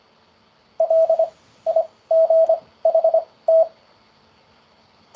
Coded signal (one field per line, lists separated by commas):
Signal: Morse code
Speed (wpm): 24 wpm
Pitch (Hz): 650 Hz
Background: none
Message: LIGHT